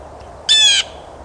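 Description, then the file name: Blue jay giving a single harsh, nasal squawk lasting about a third of a second, rich in overtones, against quiet background hiss. "blja"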